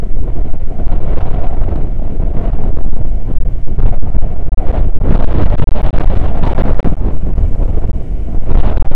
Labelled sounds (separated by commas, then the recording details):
wind
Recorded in the Prudhoe Bay oil fields, Alaska, on 9 August 2019 at 00:03
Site 29